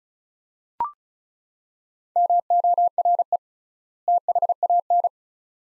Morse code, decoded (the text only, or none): MORE THAN